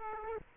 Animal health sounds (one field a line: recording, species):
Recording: mosquito wingbeat signal from an infrared sensor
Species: Aedes aegypti